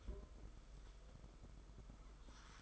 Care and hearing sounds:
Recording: daily activity, microphone in the room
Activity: take from stove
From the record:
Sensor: 5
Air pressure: 991.1 hPa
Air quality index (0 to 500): 91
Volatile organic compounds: 11 ppm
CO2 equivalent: 2296 ppm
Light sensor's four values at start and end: 33/104/40/43 and 33/105/40/43

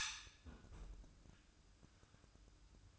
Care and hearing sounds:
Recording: daily activity, microphone in the room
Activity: close fridge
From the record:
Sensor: 2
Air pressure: 1007.6 hPa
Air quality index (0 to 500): 59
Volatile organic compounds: 1 ppm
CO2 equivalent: 593 ppm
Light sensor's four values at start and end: 10/23/10/10 and 10/23/10/10

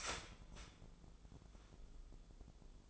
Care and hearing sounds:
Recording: daily activity, microphone in the room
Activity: start toaster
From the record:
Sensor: 5

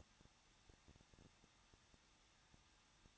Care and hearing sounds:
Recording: daily activity, microphone in the room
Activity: no activity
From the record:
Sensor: 3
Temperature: 21.2 degrees Celsius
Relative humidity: 36.2%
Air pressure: 1006.5 hPa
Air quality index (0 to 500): 220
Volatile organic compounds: 39 ppm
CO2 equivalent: 3130 ppm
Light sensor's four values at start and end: 2/3/2/2 and 2/3/2/2

